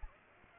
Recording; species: mosquito wingbeat signal from an infrared sensor; Aedes aegypti